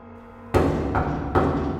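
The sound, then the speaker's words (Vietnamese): Three firm, evenly spaced knocks on a door from outside, each a heavy thud with a ringing tail, following a moment of low hum. No voices. “Tiếng gõ cửa bên ngoài ngưng lại một chút, tựa hồ như đang đợi hồi đáp, rồi lại vang lên ba tiếng.”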